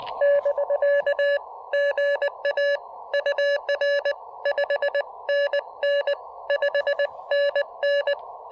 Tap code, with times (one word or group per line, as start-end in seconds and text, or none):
none